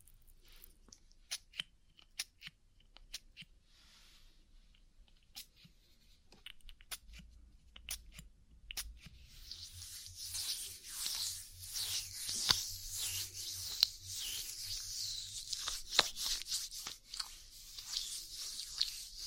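An oil ear massage: sharp, sparse clicks and crackles for the first half, scattered at irregular moments. Around ten seconds a dense, hissy rubbing begins and continues to the end, bright and crackly, with occasional louder pops and a soft low rumble underneath.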